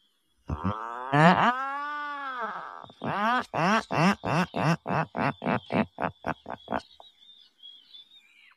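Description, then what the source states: Atlantic puffin giving a long, low groaning moan, then a run of short, pulsed grunting notes that fade away over about four seconds. Played back from a bird identification app; one of the Atlantic puffin's calls.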